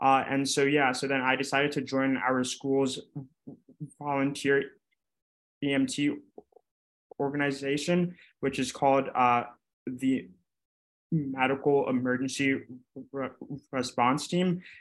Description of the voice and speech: Neuroscience majors at the University of Pennsylvania. Young people who stutter.